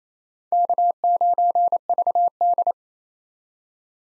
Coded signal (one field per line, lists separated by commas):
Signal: Morse code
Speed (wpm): 28 wpm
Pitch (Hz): 700 Hz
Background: none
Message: K9VD